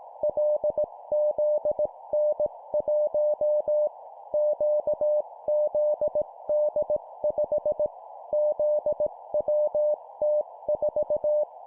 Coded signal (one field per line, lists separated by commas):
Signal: Morse code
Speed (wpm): 18 wpm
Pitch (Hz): 600 Hz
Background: none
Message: LZN1 QZD5 ZWT4